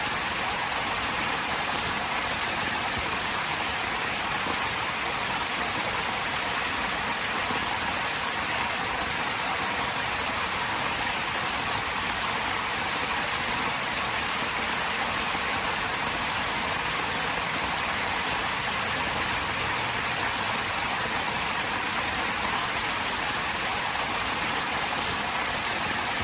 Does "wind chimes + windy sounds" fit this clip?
no